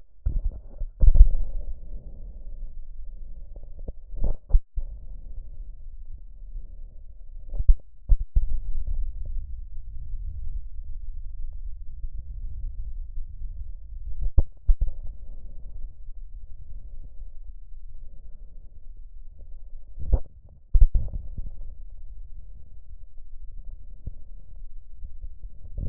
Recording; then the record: lung sounds by stethoscope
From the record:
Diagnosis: emphysema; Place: left posterior upper chest